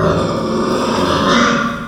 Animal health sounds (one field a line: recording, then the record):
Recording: squeal of a Yucatan mini pig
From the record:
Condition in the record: after surgery on the right vocal fold (resection and tissue-engineered implant)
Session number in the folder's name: 15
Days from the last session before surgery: 175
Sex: female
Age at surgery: 19 weeks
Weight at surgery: 25 kg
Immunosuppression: prednisolone